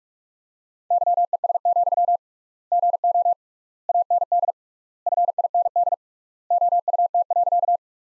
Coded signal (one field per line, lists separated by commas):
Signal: Morse code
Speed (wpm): 46 wpm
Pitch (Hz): 700 Hz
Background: none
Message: YES, GO AND FIND OUT.